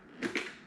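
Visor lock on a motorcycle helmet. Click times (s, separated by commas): 0.2 s, 0.4 s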